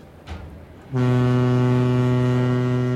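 After a second of low rumbling ambience, a deep steamship horn blasts as the ship weighs anchor at Calais to cross the Channel, holding steady and loud, a rich low tone stacked with harmonics that sustains without break to the end.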